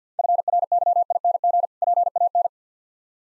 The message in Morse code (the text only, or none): FRYING PAN